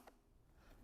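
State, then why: Seated. A camera's back clip is guided along two guide rails onto the clip on a rig mount and pushed in until it clicks home at 0.1 s. The click is a single sharp, bright snap over a faint, steady low background, and the clip is firmly seated.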